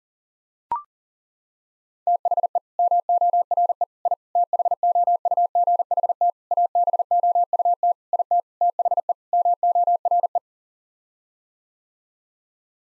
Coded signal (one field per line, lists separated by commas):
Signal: Morse code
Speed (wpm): 40 wpm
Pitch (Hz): 700 Hz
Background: none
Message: THE MORE I THOUGHT ABOUT IT THE MORE